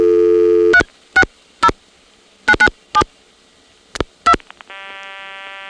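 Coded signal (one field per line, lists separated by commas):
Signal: DTMF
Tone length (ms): 70 ms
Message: 360997 2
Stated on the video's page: Multi-frequency trunk signalling on senderized step-by-step switching in Prince William County, Virginia: long-distance call from Dale City and suburban calls from Lorton, recorded 1977.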